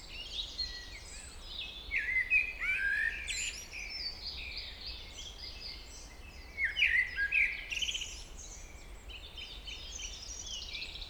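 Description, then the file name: Common blackbird song in two bouts of low fluted notes ending in thin, high, scratchy twitters, set against a steady hiss of background noise. "Turdus merula"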